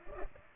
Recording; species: mosquito wingbeat signal from an infrared sensor; Culex pipiens